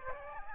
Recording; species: mosquito wingbeat signal from an infrared sensor; Aedes aegypti